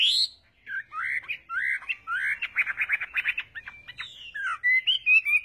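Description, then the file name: Chinese hwamei singing a flowing string of slurred whistles, then a burst of fast clipped notes and a closing run of clear phrases. "Tieng hoa mi hot"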